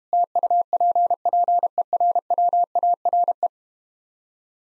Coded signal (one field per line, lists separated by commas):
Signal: Morse code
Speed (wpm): 32 wpm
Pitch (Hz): 700 Hz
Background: none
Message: TUPPERWARE